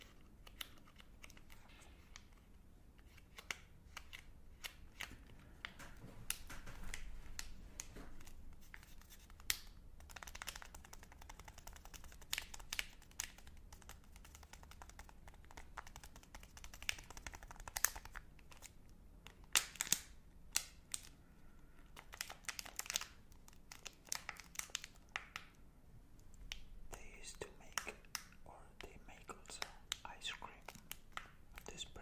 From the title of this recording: Unwrapping and Eating Magnum Chocolate